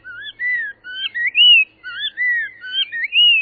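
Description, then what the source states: Spot-breasted Oriole song, clear sweet whistled phrases that slur up and down, given in quick succession with short gaps, against a quiet background. Found in suburban neighborhoods around southeast Florida; introduced to Florida from Central America in the 1940s.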